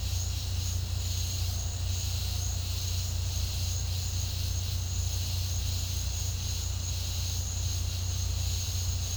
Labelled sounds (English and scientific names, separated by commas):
none